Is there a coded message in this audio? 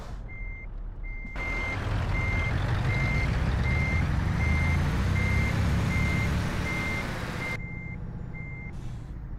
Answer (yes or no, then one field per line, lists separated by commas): no